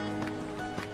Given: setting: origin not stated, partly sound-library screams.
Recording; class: one-second piece from a danger detection set; normal situation